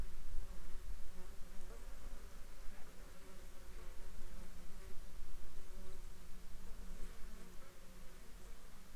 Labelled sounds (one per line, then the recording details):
insects
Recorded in the Prudhoe Bay oil fields, Alaska, on 7 July 2021 at 19:38
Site 14